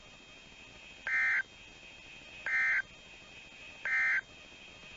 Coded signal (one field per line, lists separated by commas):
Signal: Emergency Alert System (SAME) tones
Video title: Severe Weather Event Meridian MS Part 1 (EAS 41 at 11:11)